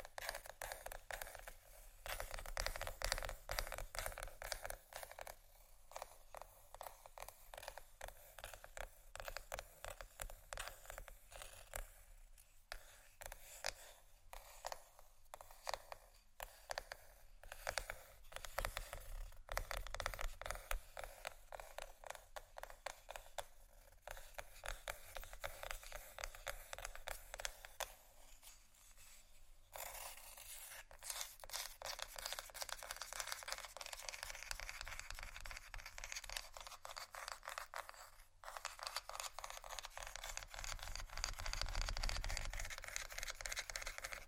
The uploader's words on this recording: ASMR Scratchy Tapping For Sleep & Study （No Talking）.